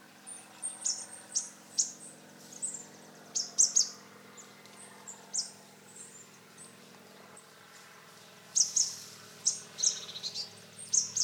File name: Poecile palustris